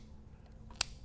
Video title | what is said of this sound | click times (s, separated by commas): Space Saving Products for 2023 - Defiance Tools - Multi-Tools- #tools #bags #overland #camping | and slide it down it's locked into place same thing with the spatula Bring It Around | 0.8 s